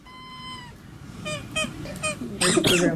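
High, squeaky breathing of a child who swallowed a dog toy: a long whistling squeak, then a series of short rhythmic squeaks with each breath, growing louder and raspier at the end.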